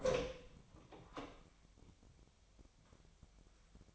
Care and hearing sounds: daily activity, microphone in the room; open door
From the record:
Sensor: 1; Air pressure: 1007.3 hPa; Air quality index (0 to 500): 198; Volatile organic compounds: 20 ppm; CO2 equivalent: 2678 ppm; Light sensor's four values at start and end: 13/32/13/14 and 13/33/13/15

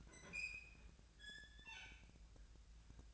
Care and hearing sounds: daily activity, microphone in the room; open fridge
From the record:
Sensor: 2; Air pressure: 1009.6 hPa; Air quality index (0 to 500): 182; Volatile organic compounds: 11 ppm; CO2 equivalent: 2265 ppm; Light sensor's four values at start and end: 27/65/28/31 and 27/65/28/31

